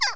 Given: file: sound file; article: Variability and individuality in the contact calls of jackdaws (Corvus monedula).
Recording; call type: jackdaw call; harmonic